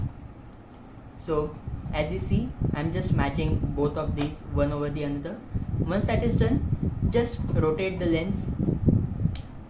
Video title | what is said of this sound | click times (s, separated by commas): How to attach camera lens | see here the click sound once | 9.3 s